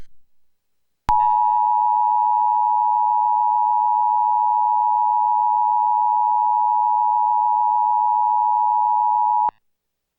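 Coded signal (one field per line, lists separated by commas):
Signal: Emergency Alert System (SAME) tones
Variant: 853 and 960 Hz attention tone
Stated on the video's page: Required Monthly Test EAS tones from NWS Portland, relayed by NOAA Weather Radio KEC91 and received on a Reecom R-1630 weather radio.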